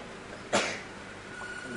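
A single sharp sneeze from a boy in the audience of a religious lesson at Al-Rahma Mosque bursts out abruptly, loud and breathy, then fades quickly into a quiet, steady background with no talking.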